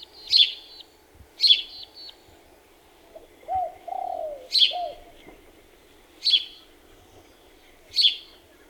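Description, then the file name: House sparrow call notes: five sharp, scratchy chirps at irregular intervals, with a soft low cooing passage in between and faint background hum. "Passer domesticus"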